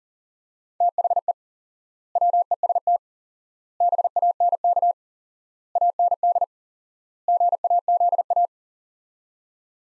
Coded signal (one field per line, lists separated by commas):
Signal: Morse code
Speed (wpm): 37 wpm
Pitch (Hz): 700 Hz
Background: none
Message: THE WEST BANK AND GAZA